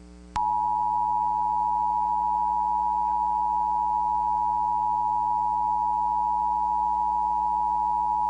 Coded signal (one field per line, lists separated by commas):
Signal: Emergency Alert System (SAME) tones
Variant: 853 and 960 Hz attention tone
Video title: Volcanic Winter (An EAS Scenario)